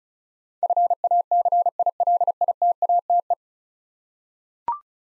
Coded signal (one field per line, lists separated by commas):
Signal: Morse code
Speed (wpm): 36 wpm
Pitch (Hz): 700 Hz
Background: none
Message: FACILITATE